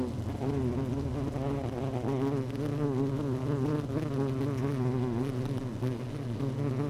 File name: Hive 1 12 06 2018 Queen Bee H 1 audio 16 30 00